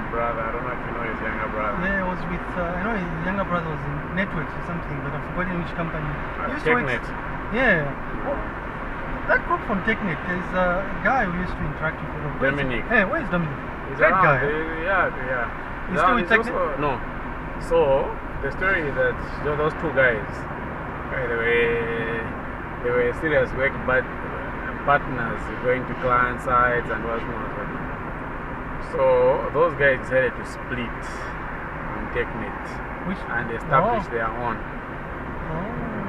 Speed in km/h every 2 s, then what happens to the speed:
64, 63, 63, 64, 63, 63, 64, 64, 63, 62, 63, 64, 64, 64, 62, 61, 60, 57.
0-26 steady at about 63. 26-36 slows to 57.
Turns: none.